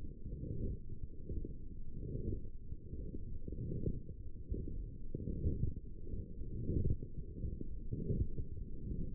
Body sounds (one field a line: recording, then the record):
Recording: forearm muscle sounds (acoustic myography)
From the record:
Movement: forearm supination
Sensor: system 1, eight BSWA MPA416 microphones around the upper forearm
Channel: 3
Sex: female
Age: 20 years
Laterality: right